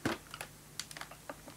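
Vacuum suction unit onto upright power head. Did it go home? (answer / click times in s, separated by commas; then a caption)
no / none. The plastic suction unit of a Shark NV350 Lift Away bagless upright vacuum cleaner is being lowered onto the vacuum's upright power head, making a series of short, sharp plastic knocks and taps at about 0.1, 0.3, 0.4, 0.8 and 1.0 s over a quiet background. Nothing has seated or clicked yet.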